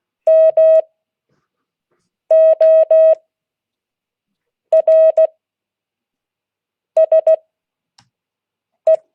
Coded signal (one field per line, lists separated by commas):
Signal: Morse code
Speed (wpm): 16 wpm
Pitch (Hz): 630 Hz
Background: none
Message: MORSE